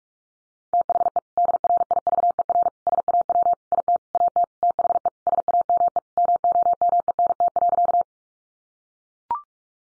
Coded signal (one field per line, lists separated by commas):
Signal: Morse code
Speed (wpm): 44 wpm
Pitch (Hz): 700 Hz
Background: none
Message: THE DRIVER SAW IT AT THE SAME MOMENT.